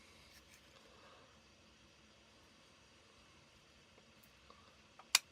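A plastic model part is pushed into a Millennium Falcon model assembly, with quiet low hiss and a couple of faint ticks at about 4.5 and 5.0 seconds. A single sharp, bright snap follows at 5.2 seconds as the part seats firmly in place.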